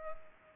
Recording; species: mosquito wingbeat signal from an infrared sensor; Culex pipiens